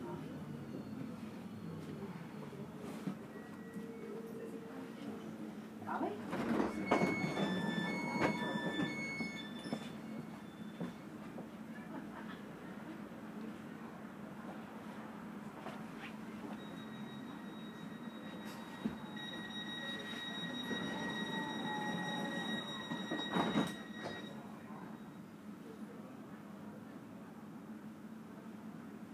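An S-Bahn train rolls along with a steady low rumble and hum that runs the whole clip. Around six to nine seconds and again near twenty-three seconds, louder clattering bursts break through, with bright whining and beeping tones, while faint voices murmur underneath.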